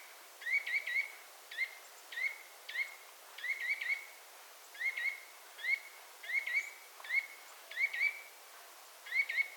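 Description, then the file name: Eurasian nuthatch giving clipped, slightly rising call notes, singly or in twos and threes, in a steady series. "Sitta europaea"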